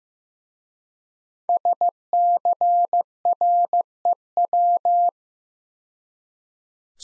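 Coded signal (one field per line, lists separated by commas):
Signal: Morse code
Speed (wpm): 15 wpm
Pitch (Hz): 700 Hz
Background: none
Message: SCREW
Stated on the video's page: Morse practice set at 15 wpm of difficult words with contextual hints.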